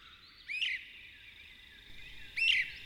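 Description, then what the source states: Great crested flycatcher dawn song, two rich whistled notes about two seconds apart. Male's dawn song, a leisurely sequence of rich wavered whistles heard only at first light; a signature sound of the pine woods; morning, Apalachicola.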